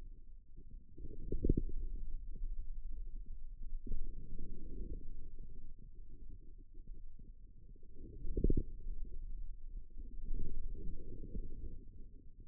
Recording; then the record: forearm muscle sounds (acoustic myography)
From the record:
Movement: outward rotation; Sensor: system 2, bracelet of six BSWA MPA416 microphones around the upper forearm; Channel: 1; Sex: male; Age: 22 years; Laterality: right